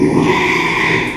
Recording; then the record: squeal of a Yucatan mini pig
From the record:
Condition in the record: after surgery on the right vocal fold (resection and tissue-engineered implant); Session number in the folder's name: 1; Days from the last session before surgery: 6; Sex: male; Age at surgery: 12 weeks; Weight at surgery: 13 kg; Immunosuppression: cyclosporine, prednisolone